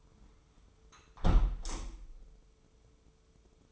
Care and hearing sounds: daily activity, microphone in the room; close window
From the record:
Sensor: 1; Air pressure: 995.7 hPa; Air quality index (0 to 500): 56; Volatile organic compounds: 2 ppm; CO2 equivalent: 1070 ppm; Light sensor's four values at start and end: 31/105/40/42 and 30/104/40/42

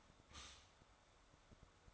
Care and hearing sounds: daily activity, microphone in the room; stop toaster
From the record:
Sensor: 3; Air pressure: 1014.7 hPa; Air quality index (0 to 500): 191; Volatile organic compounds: 21 ppm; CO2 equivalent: 2738 ppm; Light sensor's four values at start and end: 4/11/4/4 and 4/11/4/4

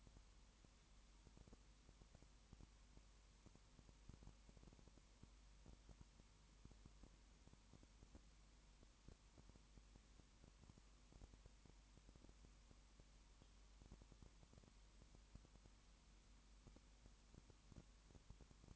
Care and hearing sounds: daily activity, microphone in the room; no activity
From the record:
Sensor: 1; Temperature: 19.7 degrees Celsius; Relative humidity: 40.5%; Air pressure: 1010.7 hPa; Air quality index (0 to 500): 209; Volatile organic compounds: 56 ppm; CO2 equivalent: 3375 ppm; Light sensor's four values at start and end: 1/2/1/1 and 1/2/1/1

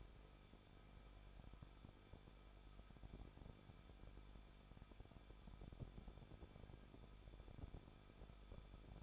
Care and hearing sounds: daily activity, microphone in the room; no activity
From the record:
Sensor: 5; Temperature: 20.8 degrees Celsius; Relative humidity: 38.5%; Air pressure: 1006.5 hPa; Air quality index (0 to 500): 191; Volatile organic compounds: 20 ppm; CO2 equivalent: 2698 ppm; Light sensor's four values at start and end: 2/3/1/1 and 2/3/1/1

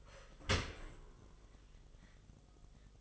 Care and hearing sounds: daily activity, microphone in the room; open dishwasher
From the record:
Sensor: 4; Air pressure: 1005.6 hPa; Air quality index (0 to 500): 112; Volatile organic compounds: 3 ppm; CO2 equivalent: 1395 ppm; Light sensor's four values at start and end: 11/26/10/10 and 11/24/10/10

